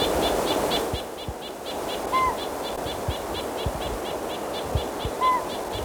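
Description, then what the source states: Nuthatch calling: a steady, rapid run of short high notes throughout, while a lower single whistled toot sounds twice about three seconds apart. Calling excitedly, with a pygmy owl calling; Pearson Creek, Ochoco Mountains, 4,000 feet, Crook County, Oregon; June 25, 1997.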